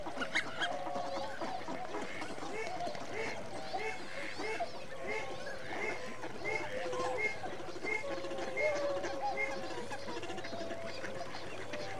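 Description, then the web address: Waterfowl chattering as a flock, many overlapping nasal calls with short, higher yelping notes repeating steadily throughout. Winter migrant waterfowl. "BBC Sound Effects Library. Winter Migrant Waterfowl"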